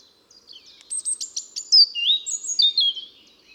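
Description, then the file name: European robin song, a high, rapid phrase of thin twitters, sharp notes and whistled slides, varying throughout, with a quiet background. "Erithacus rubecula"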